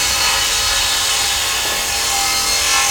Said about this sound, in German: Jetzt klappt er an einem Hebel die große runde Säge zum Ziegel auf dem Tisch herunter. Die Säge fängt an, sich zu drehen und er schiebt den Ziegel mit einem Drücker nach vorne. Wie bei unserer Brotschneidemaschine.